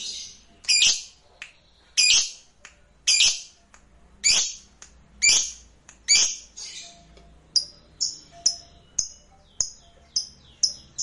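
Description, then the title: Lovebird calls: harsh, scratchy squawks about once a second, shifting into shorter high chirps near the end. "Suara Lovebird"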